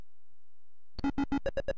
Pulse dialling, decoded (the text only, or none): none